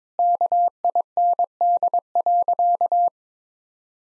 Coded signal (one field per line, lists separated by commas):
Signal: Morse code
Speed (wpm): 22 wpm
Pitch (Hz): 700 Hz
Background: none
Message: KIND.